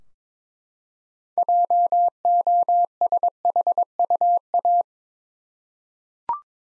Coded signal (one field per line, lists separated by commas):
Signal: Morse code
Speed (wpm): 21 wpm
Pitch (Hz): 700 Hz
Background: none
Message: JOSHUA